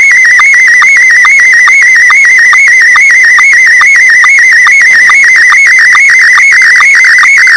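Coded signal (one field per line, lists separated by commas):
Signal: SSTV (slow-scan television)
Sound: warbling, chirping tone around 2 kHz with steady rhythmic clicks about twice per second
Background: radio static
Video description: SSTV image decoded with MMSSTV (no VAC required).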